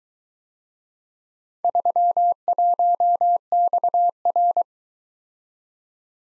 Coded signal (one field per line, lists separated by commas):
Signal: Morse code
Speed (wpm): 23 wpm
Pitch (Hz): 700 Hz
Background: none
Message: 31XR